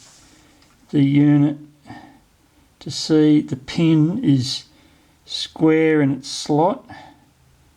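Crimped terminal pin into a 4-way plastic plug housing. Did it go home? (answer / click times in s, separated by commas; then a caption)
no / none. A crimped terminal pin is lined up square in its slot in a small molded plastic 4-way automotive connector, a Molex MIZU P25 plug housing for a Holley Sniper touchscreen, while someone talks. The pin is handled but not yet pushed home, and nothing has seated or clicked yet.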